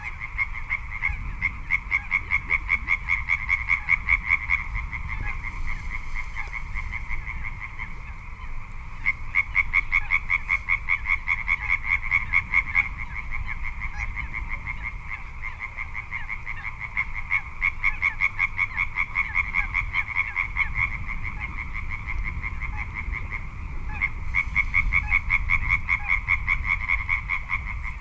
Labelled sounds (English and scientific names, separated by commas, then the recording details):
Little Crake (Porzana parva)
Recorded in the wild
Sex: male
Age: adult
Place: Kützerhof, Kummerower See, Mecklenburg-Vorpommern, DE
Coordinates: 53.8583, 12.85
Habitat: wetland
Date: 2009-04-14 22:46
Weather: wolkenlos, windstill, ca. 10°C
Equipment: Sound Devices 702, Sennheiser MKH 70, Rycote Windschutz
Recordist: Frommolt, Karl-Heinz